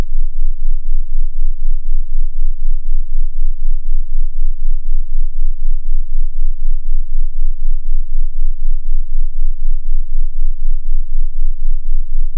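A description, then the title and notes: A 15Hz and 19Hz sine wave pair hums as a steady, very deep drone, beating in a regular slow pulse about five times per second. Sound Vibration (15Hz+19Hz Sine wave/ Level Up).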